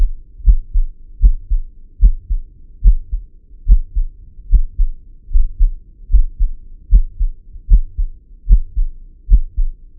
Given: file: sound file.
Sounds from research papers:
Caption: Heart sound recorded from a healthy volunteer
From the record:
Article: A two-stage amplified PZT sensor for monitoring lung and heart sounds in discharged pneumonia patients

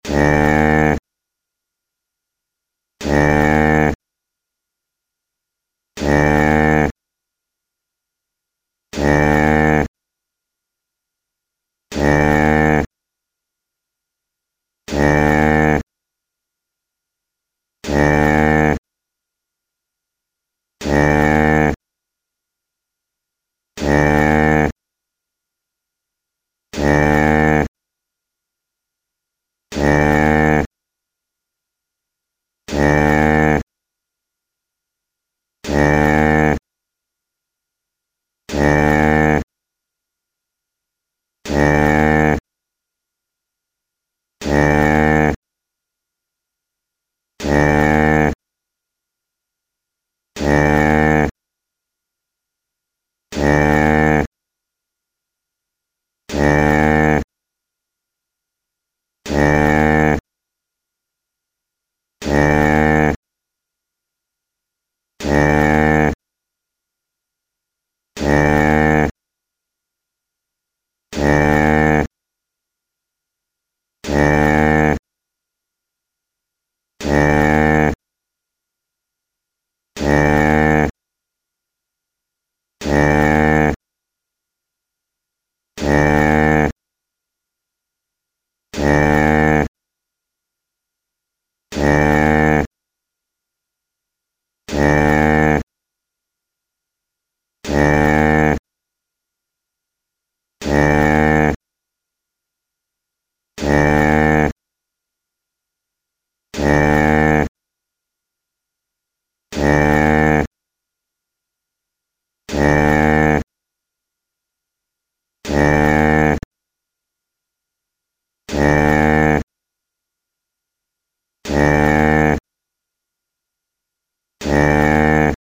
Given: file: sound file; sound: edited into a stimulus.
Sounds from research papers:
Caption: The most representative vocalization was finally selected and was lengthened to 2 min by repeating the same basic sound using the GoldWave 6.28 software.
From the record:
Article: Calming Hungarian Grey Cattle in Headlocks Using Processed Nasal Vocalization of a Mother Cow

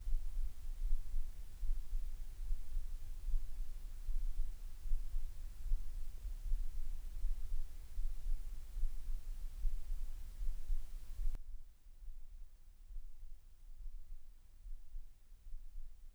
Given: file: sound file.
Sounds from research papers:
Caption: Audio file of ear canal signals from the no.2 control.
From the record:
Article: Pre-Treatment Objective Diagnosis and Post-Treatment Outcome Evaluation in Patients with Vascular Pulsatile Tinnitus Using Transcanal Recording and Spectro-Temporal Analysis

